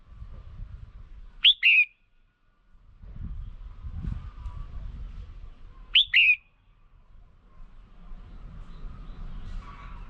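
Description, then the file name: Red-whiskered bulbul call, a quick rising-then-falling whistled pair, heard twice about four and a half seconds apart over low background rumble. Female. "tieng chao mao mai"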